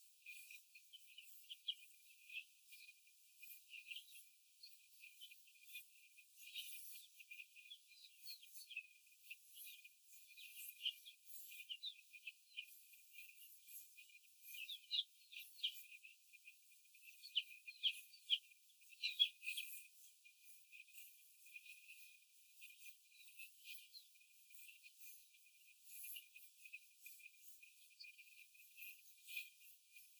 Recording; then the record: young laying hens in a cage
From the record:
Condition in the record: after the stressor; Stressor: simulated dog barking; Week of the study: 4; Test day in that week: 1